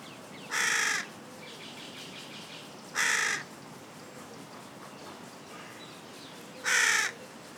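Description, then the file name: Carrion crow cawing: three separate harsh caws at irregular intervals. "Corvus corone"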